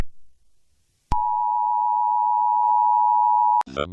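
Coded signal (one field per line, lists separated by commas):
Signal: Emergency Alert System (SAME) tones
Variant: 853 and 960 Hz attention tone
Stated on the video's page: Fictional EAS made for an analog horror fan series, not a real alert.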